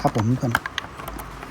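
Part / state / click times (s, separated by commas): ink pump head in printer pump frame / released / 1.1 s, 1.4 s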